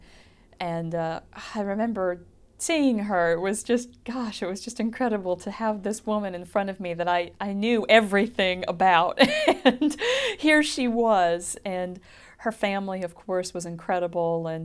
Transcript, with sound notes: And, and I remember seeing her, it was just, gosh, it was just incredible to have this woman in front of me that I, I knew everything about and (she laughs) here she was. And her family, of course, was incredible.